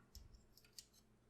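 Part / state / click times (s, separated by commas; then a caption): plastic part on an older transforming robot figure into its latching point / not seated / none. A plastic part on an older transforming robot figure is pushed toward its latching point, producing a few faint, short plastic ticks at about 0.2, 0.6 and 0.8 seconds. The part fails to latch in, a known flaw of that older figure, so nothing has seated or clicked.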